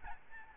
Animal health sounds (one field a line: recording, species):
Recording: mosquito wingbeat signal from an infrared sensor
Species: Aedes albopictus